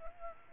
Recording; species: mosquito wingbeat signal from an infrared sensor; Culex pipiens